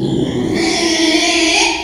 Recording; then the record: squeal of a Yucatan mini pig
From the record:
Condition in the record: after surgery on the right vocal fold (resection and tissue-engineered implant); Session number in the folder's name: 2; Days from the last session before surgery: 13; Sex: male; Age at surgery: 12 weeks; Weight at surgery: 13 kg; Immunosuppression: cyclosporine, prednisolone